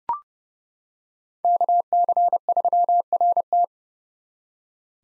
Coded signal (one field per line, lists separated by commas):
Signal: Morse code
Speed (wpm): 30 wpm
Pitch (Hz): 700 Hz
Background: none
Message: KC3RT